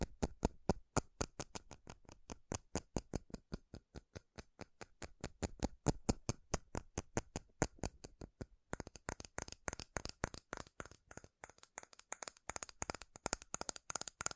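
Fast, relentless tapping on metal, sharp clicks landing several times a second in an even rhythm. Around the eighth second there is a brief gap, then the taps resume with a brighter, hissier edge and a denser, slightly irregular pattern until the end.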